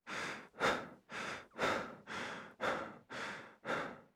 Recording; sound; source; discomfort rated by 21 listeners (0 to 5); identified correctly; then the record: sound for misophonia research; human breathing; oral or nasal; mean 2.62, standard deviation 1.50; in 42 of 42 trials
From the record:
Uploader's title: Male_Breath_Fast_Loop_Stereo_NT4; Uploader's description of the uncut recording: Fast Breath of a Human (Loop, Male). Gears: Rode NT4 File: 96khz, 24 bit, Stereo, Wav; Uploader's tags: man, loop, Male, gasp, human, fast, breathing, voice, Breath, vocal, breathe, male, breath, heavy